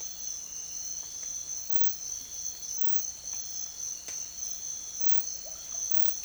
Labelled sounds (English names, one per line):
none